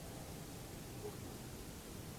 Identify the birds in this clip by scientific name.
none